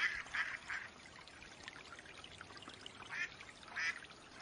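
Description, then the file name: Mallard quacking, three quick nasal quacks at the start, then a pause and two more spaced quacks later, with a rushing, watery background. Female hen mallard quacking call. "Mallard duck quacking call sounds Female Hen"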